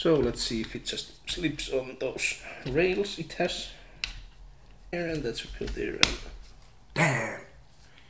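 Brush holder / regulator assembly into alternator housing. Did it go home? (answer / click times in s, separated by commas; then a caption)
no / none. During reassembly of a Valeo alternator after a brush replacement, the brush holder or regulator assembly is being handled and pushed toward its place in the alternator housing while someone talks. A brief sharp tap is heard at about 4.0 s, but the part has not seated or clicked into place yet.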